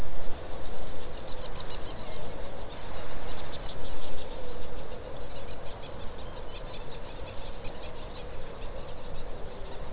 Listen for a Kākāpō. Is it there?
no